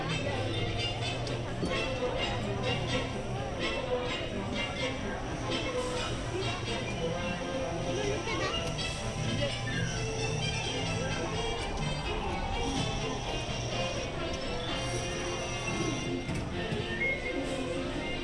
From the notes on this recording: the sounds/ambience found on both the Mad Tea Party and Alice in Wonderland attractions